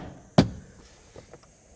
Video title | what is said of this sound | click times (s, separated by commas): How to Replace Rear Strut 2001-2007 Toyota Highlander | right now that that's done let's reinstall this cover make sure it kind of snaps back into place | 0.4 s